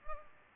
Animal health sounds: mosquito wingbeat signal from an infrared sensor; Culex pipiens

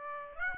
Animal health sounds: mosquito wingbeat signal from an infrared sensor; Aedes aegypti

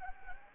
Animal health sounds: mosquito wingbeat signal from an infrared sensor; Anopheles gambiae

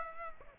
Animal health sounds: mosquito wingbeat signal from an infrared sensor; Aedes aegypti

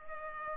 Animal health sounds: mosquito wingbeat signal from an infrared sensor; Culex pipiens

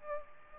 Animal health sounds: mosquito wingbeat signal from an infrared sensor; Aedes aegypti

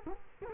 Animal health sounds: mosquito wingbeat signal from an infrared sensor; Culex quinquefasciatus

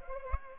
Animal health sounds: mosquito wingbeat signal from an infrared sensor; Culex pipiens

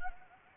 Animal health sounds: mosquito wingbeat signal from an infrared sensor; Anopheles gambiae

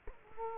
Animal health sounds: mosquito wingbeat signal from an infrared sensor; Culex quinquefasciatus

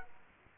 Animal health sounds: mosquito wingbeat signal from an infrared sensor; Culex quinquefasciatus

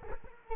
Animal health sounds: mosquito wingbeat signal from an infrared sensor; Culex quinquefasciatus

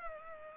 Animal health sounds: mosquito wingbeat signal from an infrared sensor; Culex pipiens

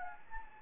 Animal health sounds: mosquito wingbeat signal from an infrared sensor; Anopheles gambiae

